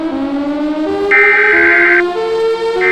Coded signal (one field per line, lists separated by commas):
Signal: Emergency Alert System (SAME) tones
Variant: header bursts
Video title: Emergency Alert System Scenario: The End of the World